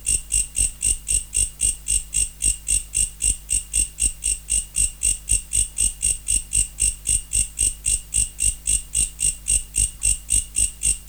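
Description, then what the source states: Katydid of the genus Mecopoda giving a long run of sharp, high rasping pulses, evenly spaced near four per second, unbroken; low electrical-like hum beneath. Recorded in November.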